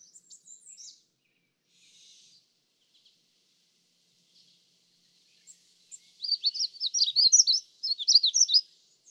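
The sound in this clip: Magnolia warbler song: a few faint high chips early, then after a pause a loud, rapid phrase of high sweet slurred notes lasting about three seconds.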